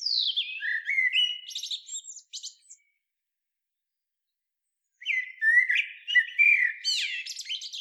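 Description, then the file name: Eurasian blackbird singing two bursts of high, squeaky twittering mixed with short whistled slurs, separated by about two seconds of silence. "Turdus merula"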